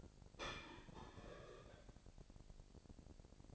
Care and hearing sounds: daily activity, microphone in the room; place plate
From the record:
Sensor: 5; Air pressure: 1007.5 hPa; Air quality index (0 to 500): 86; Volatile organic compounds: 1 ppm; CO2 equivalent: 683 ppm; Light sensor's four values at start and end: 31/72/29/29 and 30/72/29/29

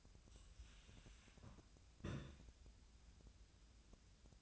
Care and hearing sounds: daily activity, microphone in the room; take from stove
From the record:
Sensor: 2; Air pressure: 1009.8 hPa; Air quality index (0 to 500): 179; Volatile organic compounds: 10 ppm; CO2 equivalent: 2240 ppm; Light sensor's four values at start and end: 32/80/34/38 and 32/80/34/38

